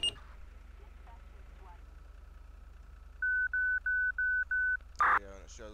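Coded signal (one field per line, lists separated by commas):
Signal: pager alert tone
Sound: five steady mid-pitched beeps, the first shorter, followed by a brief harsh burst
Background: faint speech, room noise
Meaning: Alerts fire units to a call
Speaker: and it shows up in the top left corner, your timeout, and it shows you the call.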